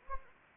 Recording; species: mosquito wingbeat signal from an infrared sensor; Anopheles arabiensis